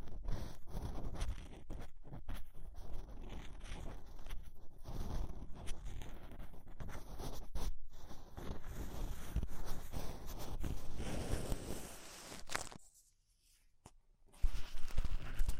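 Ear cleaning with clay and rhinestones being pulled away, heard as dense, crackly scraping and rustling that runs almost without pause. Brief gaps break it up, then it falls nearly silent around thirteen seconds before returning sharper and louder.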